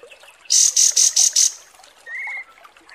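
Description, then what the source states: Kapas tembak song: five loud, shrill, high pulsed notes in quick succession, then a brief buzzy whistle. Masteran training recording of kapas tembak song.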